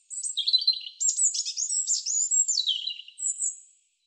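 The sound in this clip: European robin song, a fast run of high thin whistles, trills and sliding notes jumping between pitches, ending with a brief high whistle after a short pause.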